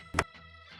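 The plastic front turn signal bulb socket of a 2019-2025 Toyota RAV4 is pushed into the headlight housing and turned clockwise. It locks with a sharp click at 0.2 s over a faint steady tonal background. The socket is seated.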